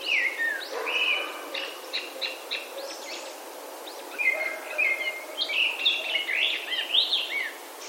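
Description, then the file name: Japanese thrush song: a falling whistle opens a series of short chirped notes, then a rich run of warbled, sliding whistles. "kurotsu"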